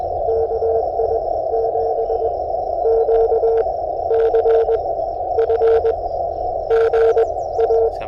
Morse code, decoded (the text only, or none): KI7QCF GA